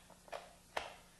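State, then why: Seated. The plastic back plate of a paintball loader goes into the loader shell top first and is pushed until it snaps into place. A soft scraping push is heard around 0.3 s, followed by one sharp, bright click at 0.8 s. The back plate is seated.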